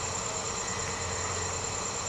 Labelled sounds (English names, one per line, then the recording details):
none
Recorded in secondary vegetation near Puerto Asís, Putumayo, Colombia, on 19 March 2025 at 02:00
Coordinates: 0.468, -76.324
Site G059